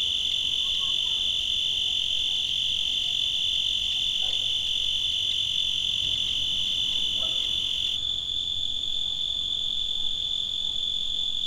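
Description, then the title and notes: Cricket trilling steadily at high pitch, the tone shifting slightly after about eight seconds, with a few faint chirps in the background. Made in Tavira, Tangier, Lima and Bhubaneswar. "ACA - Grabaciones de campo. Grillo. grabaciones hechas en tavira, tangier, lima, bhubanshwar"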